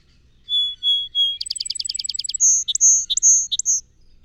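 Song sparrow song opening with three steady whistles, breaking into a quick rattling series, then finishing with several long high whistled notes and short chips.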